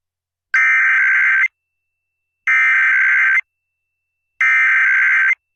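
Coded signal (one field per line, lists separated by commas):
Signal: Emergency Alert System (SAME) tones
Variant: header bursts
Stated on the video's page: Indiana Required Monthly Test received off a 95.1 FM broadcast station in Fort Wayne; audio quality was poor.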